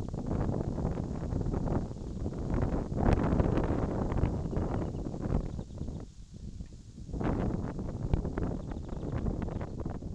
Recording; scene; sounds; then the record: everyday scene through a hearing-aid microphone; wind on the microphone; wind, birds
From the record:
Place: in front of a rural house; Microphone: in the ear canal, left